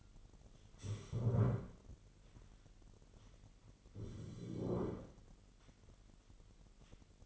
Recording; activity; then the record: daily activity, microphone in the room; stand up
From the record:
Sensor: 4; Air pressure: 999.4 hPa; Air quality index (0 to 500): 108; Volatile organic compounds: 2 ppm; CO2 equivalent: 1062 ppm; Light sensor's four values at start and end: 11/26/10/12 and 11/26/10/11